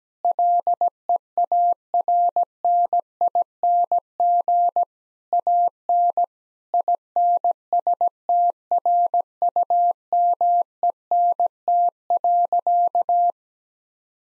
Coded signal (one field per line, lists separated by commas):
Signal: Morse code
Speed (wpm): 17 wpm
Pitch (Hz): 700 Hz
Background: none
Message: LEARNING AN INSTRUMENT.